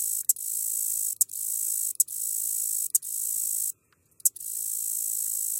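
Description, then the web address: Katydid song: a continuous, very high, hissing buzz broken by brief ticking clicks about once a second, with one short silent gap. "The Songs of Insects Red-headed Meadow Katydid"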